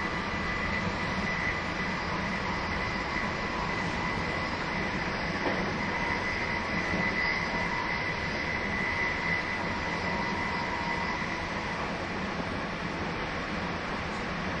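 A train runs steadily for the whole stretch, a dense, even rumble with a low hum underneath and a faint whine riding on top. Loudness barely changes, and a brief knock sounds around the middle before the rolling noise carries on unchanged.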